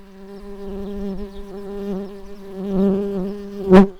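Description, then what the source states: Tree bumblebee buzzing, a steady low hum rich in harmonics that wavers slightly, then swells into a brief louder burst near the end. Workers.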